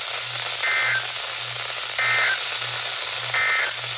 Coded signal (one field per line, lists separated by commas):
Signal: Emergency Alert System (SAME) tones